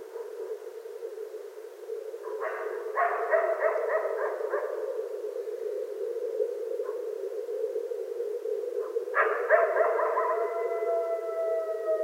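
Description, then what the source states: Coyote calls: a burst of broken, harmonic yips and wavering barks, then after a pause a long steady howl begins. Recorded 25 January 2013.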